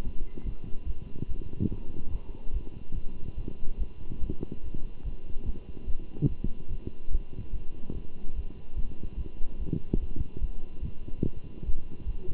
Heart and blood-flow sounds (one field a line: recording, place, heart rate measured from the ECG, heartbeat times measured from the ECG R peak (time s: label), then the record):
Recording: heart sounds by stethoscope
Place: between the tricuspid and mitral areas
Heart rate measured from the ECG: 145 bpm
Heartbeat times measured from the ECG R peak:
0.03 s: heartbeat
0.45 s: heartbeat
0.86 s: heartbeat
1.28 s: heartbeat
1.70 s: heartbeat
2.11 s: heartbeat
2.53 s: heartbeat
2.95 s: heartbeat
3.37 s: heartbeat
3.78 s: heartbeat
4.20 s: heartbeat
4.63 s: heartbeat
5.04 s: heartbeat
5.45 s: heartbeat
5.87 s: heartbeat
6.29 s: heartbeat
6.70 s: heartbeat
7.11 s: heartbeat
7.52 s: heartbeat
7.94 s: heartbeat
8.35 s: heartbeat
8.76 s: heartbeat
9.17 s: heartbeat
9.59 s: heartbeat
10.00 s: heartbeat
10.41 s: heartbeat
10.82 s: heartbeat
11.23 s: heartbeat
11.65 s: heartbeat
12.06 s: heartbeat
From the record:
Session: Bruce protocol treadmill stress test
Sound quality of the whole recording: good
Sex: male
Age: 23 years